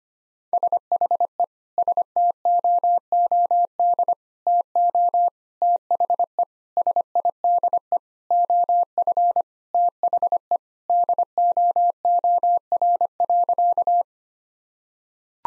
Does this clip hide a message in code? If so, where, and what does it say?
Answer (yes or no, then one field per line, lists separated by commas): yes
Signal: Morse code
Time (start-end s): 0.5-14.0 s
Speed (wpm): 25 wpm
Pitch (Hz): 700 Hz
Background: none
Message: SHE STOOD TO THE SIDE OF THE DOOR.